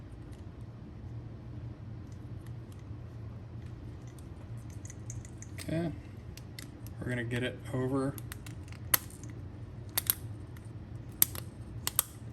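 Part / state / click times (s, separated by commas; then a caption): plastic retaining catches onto fuel pump regulator housing / seated / 8.9 s, 11.2 s. While installing a fuel pump kit on a Buell XB, someone talks as the plastic retaining catches on the fuel pump assembly are pushed over the rim onto the fuel pump regulator housing. Sharp, loud clicks ring out at 8.9 s and 11.2 s, with more similar clicks around 10.0 to 12.0 s, and the catches seat in place.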